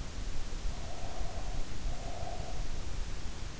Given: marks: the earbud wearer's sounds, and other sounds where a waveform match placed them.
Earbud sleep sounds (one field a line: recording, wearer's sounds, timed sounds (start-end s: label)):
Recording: sounds in sleep by an in-ear microphone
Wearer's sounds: breath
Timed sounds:
0.69-3.00 s: breath